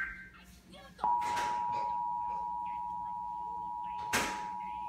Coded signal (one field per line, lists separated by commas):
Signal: Emergency Alert System (SAME) tones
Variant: 853 and 960 Hz attention tone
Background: speech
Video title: EAS #1480 - Severe Thunderstorm Warning from Mount Holly on TV with New NOAA Weather Radio Voice